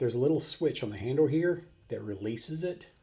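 Someone talks while handling a small pocket multitool with a knife, flathead and Phillips screwdrivers and a pry tool, where a blade is being folded toward its lock in the handle and a switch on the handle releases it. Nothing has seated or clicked yet, so the blade is handled but not yet home.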